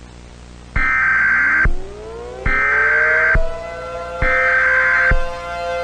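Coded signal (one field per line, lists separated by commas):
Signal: Emergency Alert System (SAME) tones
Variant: header bursts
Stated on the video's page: Fictional EAS mock about the atmosphere dissolving.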